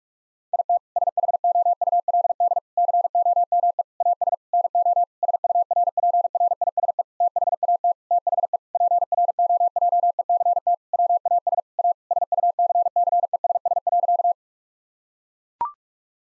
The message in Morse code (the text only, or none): IT SHOULD COME AS NO SURPRISE THAT THE PROJECT WAS A SUCCESS.